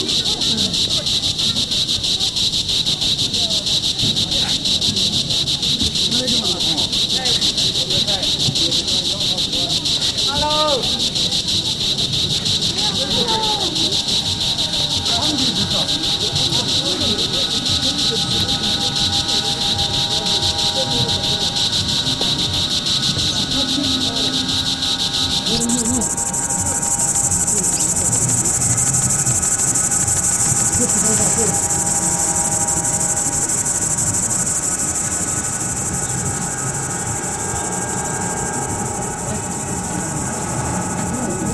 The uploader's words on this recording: Sounds from a walk (khora) around the Jokhang ,first temple of Lhassa, Tibet ,with a flow of pilgrims and religious shops. Crickets recorded in Nepal. Electronic treatment in direct.